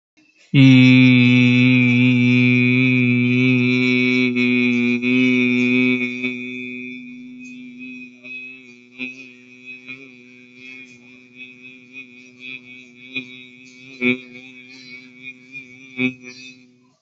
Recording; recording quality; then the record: sustained vowel as in beet; excellent, no background noise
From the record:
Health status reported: healthy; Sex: male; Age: 30 years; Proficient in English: yes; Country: India